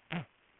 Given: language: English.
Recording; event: throat vibration sensor signal played as sound; throat clearing